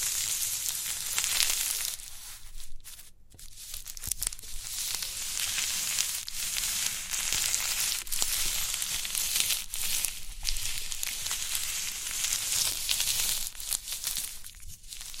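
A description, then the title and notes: Crinkly pimple popping: a dense, steady crackle of fine bright crinkles runs through the whole clip, like crumpling or sizzling. Sharp pops and clicks break through often, with brief quieter gaps near 3 and 14 seconds, over a faint low hum. Crinkly Pimple Popping.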